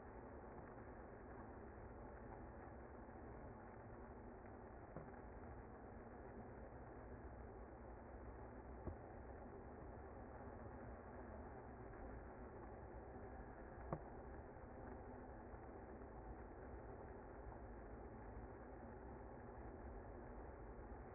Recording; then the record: honeybee colony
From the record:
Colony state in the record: active